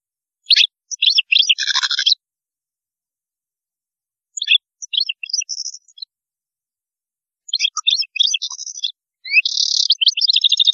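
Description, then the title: European goldfinch singing rapid, liquid twittering phrases mixed with buzzy, tinkling trills, delivered in four bursts with brief silences between them. "Chant Chardonneret"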